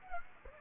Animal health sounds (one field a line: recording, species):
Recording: mosquito wingbeat signal from an infrared sensor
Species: Aedes aegypti